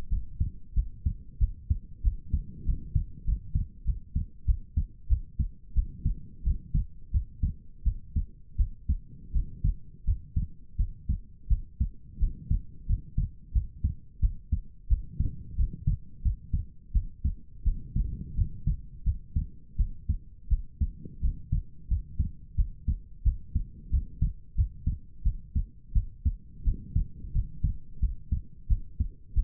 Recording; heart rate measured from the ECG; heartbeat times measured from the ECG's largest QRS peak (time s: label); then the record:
heart sounds by stethoscope; 88 bpm
0.08 s: heartbeat
0.73 s: heartbeat
1.38 s: heartbeat
2.02 s: heartbeat
2.64 s: heartbeat
3.24 s: heartbeat
3.84 s: heartbeat
4.45 s: heartbeat
5.07 s: heartbeat
5.73 s: heartbeat
6.43 s: heartbeat
7.11 s: heartbeat
7.83 s: heartbeat
8.56 s: heartbeat
9.31 s: heartbeat
10.04 s: heartbeat
10.76 s: heartbeat
11.47 s: heartbeat
12.18 s: heartbeat
12.86 s: heartbeat
13.52 s: heartbeat
14.20 s: heartbeat
14.87 s: heartbeat
15.55 s: heartbeat
16.22 s: heartbeat
16.92 s: heartbeat
17.63 s: heartbeat
18.34 s: heartbeat
19.03 s: heartbeat
19.76 s: heartbeat
20.48 s: heartbeat
21.20 s: heartbeat
21.87 s: heartbeat
22.55 s: heartbeat
23.23 s: heartbeat
23.89 s: heartbeat
24.54 s: heartbeat
25.22 s: heartbeat
25.92 s: heartbeat
26.63 s: heartbeat
27.32 s: heartbeat
27.99 s: heartbeat
28.67 s: heartbeat
29.34 s: heartbeat
From the record:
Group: healthy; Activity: rest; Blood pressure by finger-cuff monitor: 80/60 mmHg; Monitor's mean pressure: 67 mmHg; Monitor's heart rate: 88 bpm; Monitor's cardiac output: 6.3 L/min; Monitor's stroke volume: 72 mL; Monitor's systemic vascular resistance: 760 dyn s/cm5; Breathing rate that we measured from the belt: 20 breaths a minute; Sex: female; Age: 19 years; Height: 163 cm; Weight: 48.9 kg